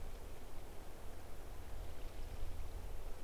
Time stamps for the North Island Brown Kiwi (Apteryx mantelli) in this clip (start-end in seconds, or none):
none